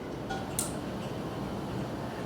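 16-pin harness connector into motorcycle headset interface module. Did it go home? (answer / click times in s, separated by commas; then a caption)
yes / 0.6 s. A keyed 16-pin plastic wiring harness connector with "bat wing" guides is pushed into the wireless headset interface module on a motorcycle. Against a steady low hiss, a single sharp, bright snap sounds at 0.6 s. The connector snaps into place and is seated.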